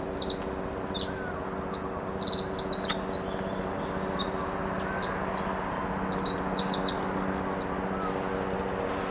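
Pacific Wren singing, a long, rapid, high-pitched cascade of tinkling trills that runs almost without pause, over a steady low hum.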